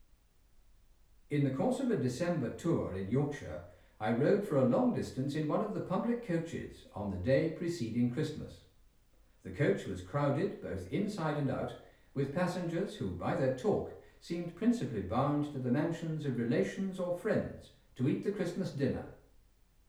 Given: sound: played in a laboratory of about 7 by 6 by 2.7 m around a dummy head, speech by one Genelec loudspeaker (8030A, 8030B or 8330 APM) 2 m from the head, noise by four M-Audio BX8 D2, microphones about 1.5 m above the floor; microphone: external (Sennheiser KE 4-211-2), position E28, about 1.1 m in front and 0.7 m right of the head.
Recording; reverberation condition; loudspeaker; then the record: male speech in English; medium; 150 degrees to the right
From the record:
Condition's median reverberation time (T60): about 510 ms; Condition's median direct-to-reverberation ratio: about -0.5 dB